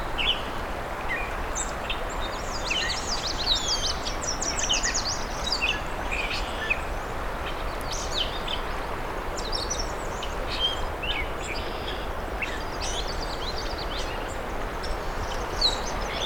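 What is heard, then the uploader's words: Dense birdsong from warblers and other songbirds along Crane River, many overlapping chirps and trills in a bright, busy chorus that never lets up. A steady low rushing hum runs beneath the whole sixteen seconds, nearly constant in level. After two hours along Crane River, the birdsongs are still very intense. We’ll continue to listen to the migrant warblers and other songbird species, one last listen to the birds of Johnston Harbour.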